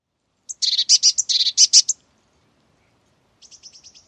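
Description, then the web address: Eurasian blue tit giving a fast, harsh churring scold of rapid buzzy notes for about a second and a half, then a softer, shorter churr after a pause. "cianscape birddata Deverinetal 2025 File origin Bird Only Cy Ca"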